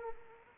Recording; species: mosquito wingbeat signal from an infrared sensor; Anopheles arabiensis